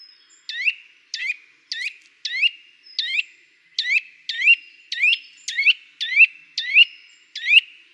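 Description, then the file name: Eurasian nuthatch calls: sharp, rising, slightly metallic notes repeated steadily, about one every 0.6 seconds, over a quiet background. "Sitta europaea"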